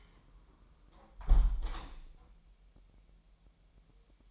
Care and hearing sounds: daily activity, microphone in the room; close window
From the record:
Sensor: 1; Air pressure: 1000.3 hPa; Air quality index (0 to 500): 246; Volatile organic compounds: 136 ppm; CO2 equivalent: 3957 ppm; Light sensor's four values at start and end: 11/27/11/12 and 10/25/10/11

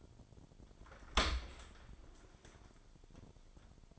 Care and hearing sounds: daily activity, microphone in the room; open dishwasher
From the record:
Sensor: 5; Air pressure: 1003.2 hPa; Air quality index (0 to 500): 129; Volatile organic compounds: 1 ppm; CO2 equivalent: 946 ppm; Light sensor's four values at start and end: 97/238/97/112 and 75/180/76/85

